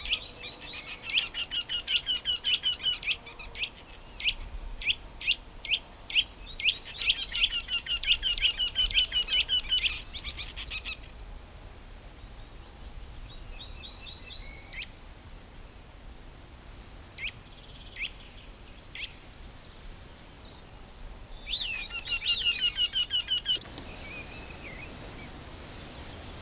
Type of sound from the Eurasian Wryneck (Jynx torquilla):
song